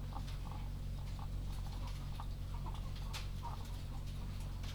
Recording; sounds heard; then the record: poultry house recording; sick chickens (respiratory disease)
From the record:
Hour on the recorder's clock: 23